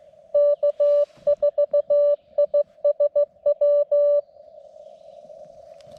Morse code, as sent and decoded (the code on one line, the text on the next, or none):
-.- ....- .. ... .--
K4ISW